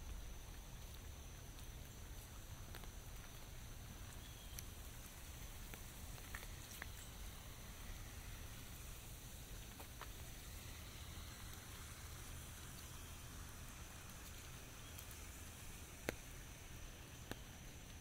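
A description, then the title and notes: A forest in light rain, heard as a steady, even patter with a low rumble underneath throughout. A thin high whine runs constantly across the whole stretch, and scattered sharp drips or ticks land every few seconds, with a clearer one near sixteen seconds. Walking Through A Forest. Sounds of a forest during light rain.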